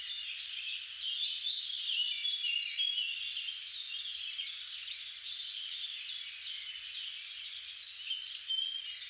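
Birds singing together, a continuous tangle of high twittering notes and quick chirps.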